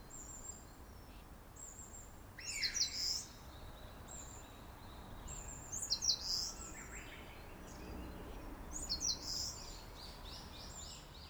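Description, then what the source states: Eastern Crowned Warbler song: three short, high, buzzy phrases about every three seconds, over steady low background rumble. Recorded 8 May 2008 at Nagaike, Sendai.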